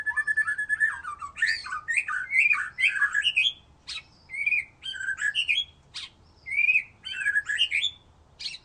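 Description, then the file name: White-rumped shama song: bursts of rich mixed whistles and sharp clicks, delivered in short rapid phrases separated by brief gaps. "murai batu"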